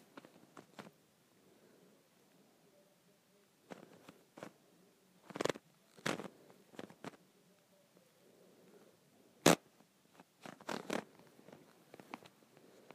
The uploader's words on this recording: ASMR Twisting and Turning a Handle.